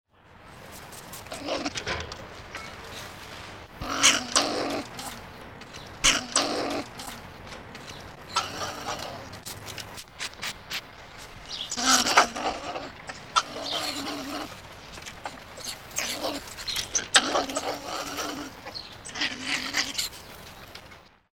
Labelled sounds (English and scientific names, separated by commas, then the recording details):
European Pine Marten (Martes martes)
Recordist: Tembrock, Günter
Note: Begegnungslaute eines Paares